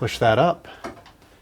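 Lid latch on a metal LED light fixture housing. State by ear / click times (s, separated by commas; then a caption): seated / 0.9 s. Someone talks, then the lid of a metal LED light fixture housing is pushed up against the housing with the wire cleared, and its latch clicks shut at 0.8 s. The lid is seated and fastened.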